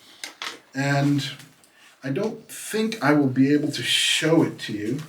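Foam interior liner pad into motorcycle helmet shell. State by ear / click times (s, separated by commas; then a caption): seated / 0.2 s, 0.4 s. A removable foam-and-fabric interior liner pad is pressed back into a Shoei RF-1200 / NXR motorcycle helmet shell, and its snap fasteners engage with two sharp clicks at 0.2 s and 0.4 s, seating the pad easily. Someone then talks.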